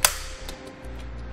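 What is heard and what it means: A torque-limiting tool on a foot bolt of an Inno Aero Flush roof rack for naked roofs on a 2018 Ford Edge gives a sharp, loud click at 0.05 s, then a much fainter tick at 0.5 s over a low hum. The click shows the bolt has reached its set torque and that side is properly torqued down.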